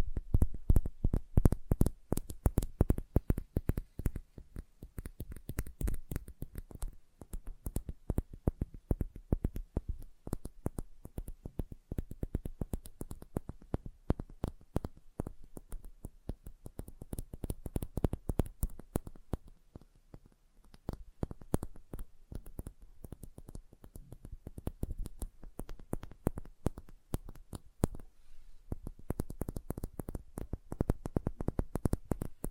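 Light, sensitive tapping runs the full length in quick, uneven bursts of sharp clicks that reach from low thumps to bright ticks. The taps thin out and soften briefly around the twenty-second mark and near twenty-eight seconds, then grow dense and firm again toward the end.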